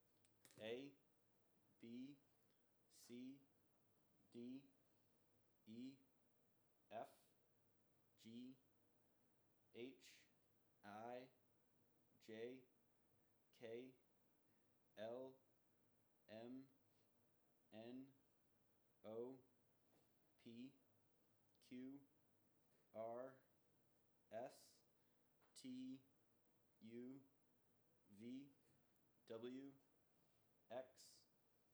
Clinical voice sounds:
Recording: letters of the alphabet, spoken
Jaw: free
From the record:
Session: first day, before the bite bar

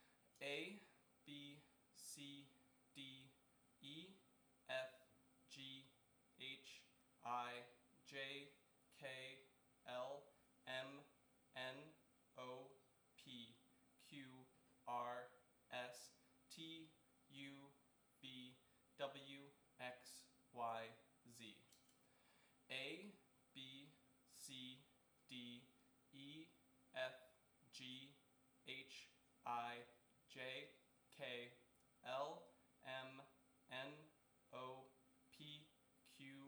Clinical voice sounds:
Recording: letters of the alphabet, spoken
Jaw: free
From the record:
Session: seven days later

